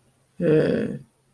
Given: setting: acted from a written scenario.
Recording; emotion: vocal sound without words; confusion